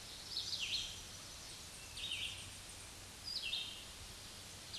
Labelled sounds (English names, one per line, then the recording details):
Red-eyed Vireo song
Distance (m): 30 m
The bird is about 20 m above the microphone
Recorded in a Pennsylvania forest on 16 May 2024 at 06:41
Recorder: AudioMoth, point MSD-0192
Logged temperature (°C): 16.0 °C
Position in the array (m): 165 m, 73 m